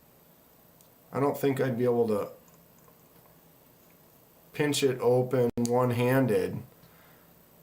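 A folding knife blade is handled as it is swung toward the half-stop detent in its handle, while someone talks in two stretches. Nothing has seated or clicked yet; the blade has not snapped into the half-stop before the clip ends.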